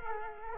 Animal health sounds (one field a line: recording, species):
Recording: mosquito wingbeat signal from an infrared sensor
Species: Culex quinquefasciatus